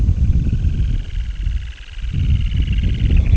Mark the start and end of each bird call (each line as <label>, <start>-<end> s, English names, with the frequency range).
Semipalmated Sandpiper (1.1-4.8 kHz), 0.00-3.36 s